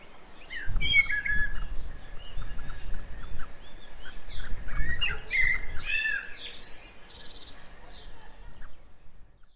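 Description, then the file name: Common blackbird: fluty warbling phrases with high twittered endings, over low rumbling noise that fades toward the end. "Turdus merula"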